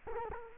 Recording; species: mosquito wingbeat signal from an infrared sensor; Culex quinquefasciatus